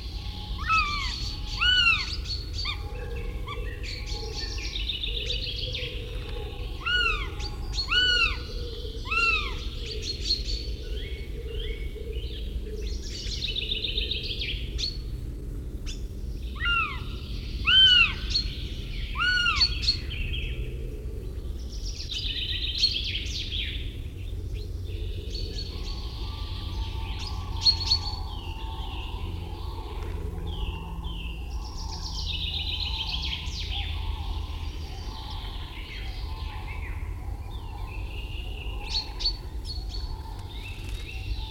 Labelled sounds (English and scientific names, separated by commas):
Northern Goshawk (Accipiter gentilis) call